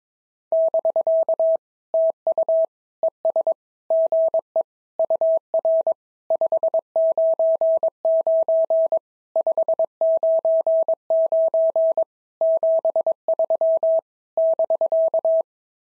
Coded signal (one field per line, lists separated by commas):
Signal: Morse code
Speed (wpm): 22 wpm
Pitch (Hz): 650 Hz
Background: none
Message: <BK> TU ES GE UR 599 599 73 <BK>